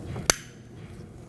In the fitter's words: Ensure you hear the click.